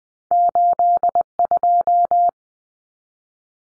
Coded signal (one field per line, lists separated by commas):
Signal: Morse code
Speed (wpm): 20 wpm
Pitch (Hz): 700 Hz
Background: none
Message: 82